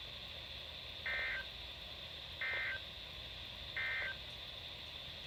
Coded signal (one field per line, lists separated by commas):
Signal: Emergency Alert System (SAME) tones